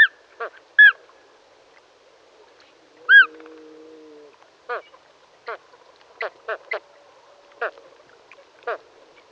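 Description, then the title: Andean flamingo calls, short nasal honks with harmonics in scattered bursts, some doubled, plus a brief low drawn-out note near the middle. Chile. "Parina Grande Phoenicoparrus Andinus Peter Boesman"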